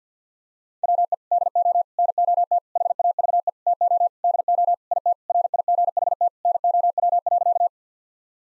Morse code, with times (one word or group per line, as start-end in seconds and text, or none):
0.8-1.1 WE
1.3-1.8 DO
2.0-2.6 NOT
2.8-3.5 HAVE
3.7-4.1 TO
4.2-4.7 DO
4.9-5.1 IT
5.3-6.3 RIGHT
6.4-7.7 NOW.